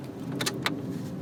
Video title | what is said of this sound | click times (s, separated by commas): How to Install APPLE CARPLAY in AUDI A3 2013, 2014, 2015, 2016, 2017, 2018 | until you hear them click | 0.4 s, 0.7 s